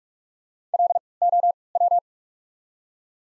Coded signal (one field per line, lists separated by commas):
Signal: Morse code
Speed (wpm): 47 wpm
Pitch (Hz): 700 Hz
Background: none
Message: L O W